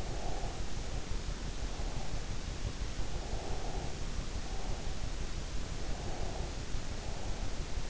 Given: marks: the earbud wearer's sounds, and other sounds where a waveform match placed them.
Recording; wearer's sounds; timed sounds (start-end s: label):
sounds in sleep by an in-ear microphone; breath
0.00-2.19 s: breath
2.93-4.83 s: breath
5.72-7.48 s: breath